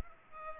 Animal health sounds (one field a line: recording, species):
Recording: mosquito wingbeat signal from an infrared sensor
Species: Culex pipiens